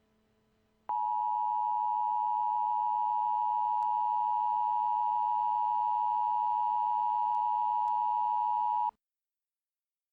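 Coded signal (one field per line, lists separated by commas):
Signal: Emergency Alert System (SAME) tones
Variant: 853 and 960 Hz attention tone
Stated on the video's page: Blizzard Warnings broadcast on emergency alert systems for Washington DC, Baltimore, Philadelphia, Trenton and New York City.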